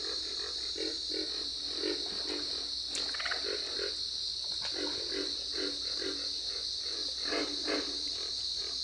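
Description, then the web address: Pig frog giving deep, rough grunts repeated irregularly throughout, with a constant shrill hum of insects or frogs behind them. "Dan Gibson's Solitudes Frog Song. Pig Frog"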